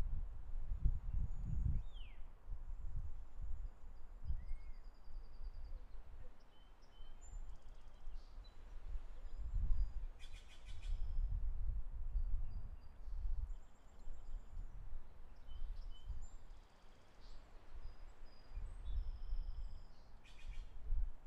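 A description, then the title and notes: Wild birds call outdoors, with thin, high chirps and short trills scattered throughout, some repeated in quick bursts near ten and twenty seconds. Beneath them, a low, uneven rumble of wind surges and fades continuously. Birds and Wildlife. The wild birds and nature.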